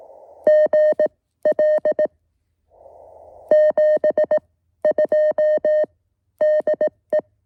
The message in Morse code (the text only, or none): GL 72 DE